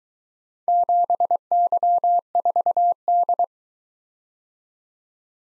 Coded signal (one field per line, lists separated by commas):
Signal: Morse code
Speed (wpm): 23 wpm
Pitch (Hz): 700 Hz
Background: none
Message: 7Y4D